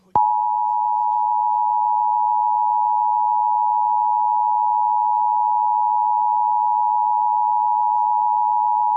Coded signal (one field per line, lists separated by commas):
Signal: Emergency Alert System (SAME) tones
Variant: 853 and 960 Hz attention tone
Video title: Nintendo switch 3 EAS logo